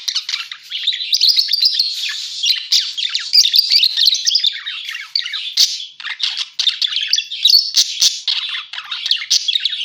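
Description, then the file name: Parakeet chatter, a dense continuous stream of high chirps, squawks and twitters overlapping throughout with hardly a pause. Lure sound used for catching birds. "pancingan suara burung parkit"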